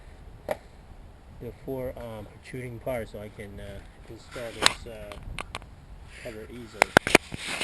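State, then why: Not seated. A plastic cover is being fitted over the protruding part of a new radiator on a Hyundai Veracruz SUV, with its tab to be pushed into a slot. Someone talks while sharp handling taps and rustles are heard around 0.5 s and 5.6 s. Nothing has seated or clicked yet.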